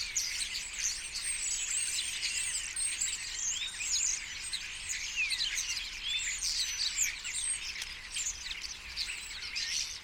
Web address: Common Starlings Starlings